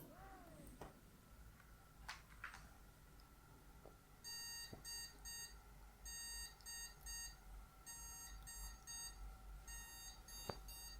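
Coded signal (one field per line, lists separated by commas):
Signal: beep code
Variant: PC POST beep code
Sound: repeating electronic beeps: one long then two short, repeated about three times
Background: room noise, handling clicks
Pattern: 1 long, 2 short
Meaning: One long and two short beeps signal a memory error: no RAM detected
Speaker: so with the RAM sticks away from the RAM slots we've had one long beep and then two short beeps beep beep beep and that will continue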